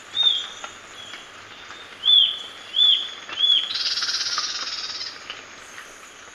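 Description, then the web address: Ochre-breasted Antpitta song: short, high, arched whistled notes at uneven spacing, then a buzzy trill, over a steady high hiss. Recorded in Ecuador. "Birds of Ecuador Ochre-breasted Antpitta"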